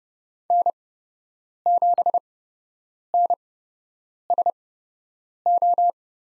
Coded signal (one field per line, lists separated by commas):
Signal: Morse code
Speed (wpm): 30 wpm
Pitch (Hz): 700 Hz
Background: none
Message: N7NSO